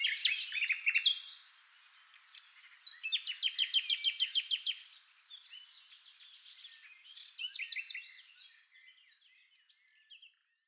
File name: NIGHTINGALE MIX